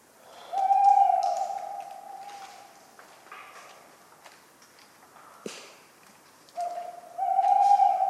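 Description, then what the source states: Tawny owl with two long hollow hoots, one at the start and one at the end, separated by soft breathing sounds and a sharp acorn knock. Talkative tawny owl at night, cold 11 November 1995, Ménigoute ornithological film festival, France; autumn ambience with regularly falling acorns; the recordist fell asleep, mixing in his sleeping sounds.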